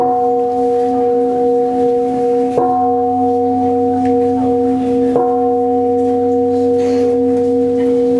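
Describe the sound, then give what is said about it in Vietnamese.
A deep temple bell is struck three times at steady intervals during a Buddhist precept-transmission ceremony, each strike ringing out in a sustained, humming tone that overlaps the fading resonance of the one before. “Cho ba tiếng chuông bị đi.”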